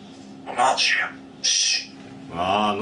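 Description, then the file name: Grey parrot talking: a gliding spoken syllable, a bright high hissing sound, then a harmonic drawn-out voiced sound. Grey parrot named Grig, talking. "a vot eto razgovarivaet odna pernataya skotina po imeni grig"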